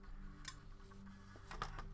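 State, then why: Seated. A plastic ejection seat is pressed into the cockpit tub of a Tamiya Grumman F-14A Tomcat 1/48 scale model kit; it first feels like it is in but needs to click in place. A few faint ticks and scrapes come before a sharp click at 1.6 s that seats it into place.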